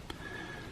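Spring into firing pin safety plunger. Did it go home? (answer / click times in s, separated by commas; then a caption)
yes / 0.1 s. A spring is pressed into the hole of a firing pin safety plunger and turned until it seats. A single short, sharp click is heard at 0.1 s, followed by a low, steady background. The spring clicks into place and is seated in the plunger.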